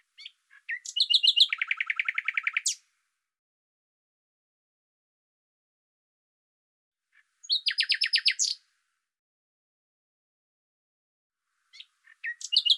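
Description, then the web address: Bird singing two buzzy, rapidly trilled phrases separated by several seconds of quiet, with a third phrase starting at the end. "Deverinetal 2025"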